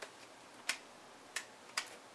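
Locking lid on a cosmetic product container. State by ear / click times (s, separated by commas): seated / 0.7 s, 1.4 s, 1.8 s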